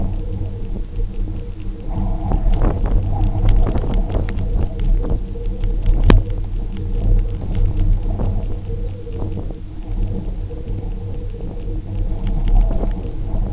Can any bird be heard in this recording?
no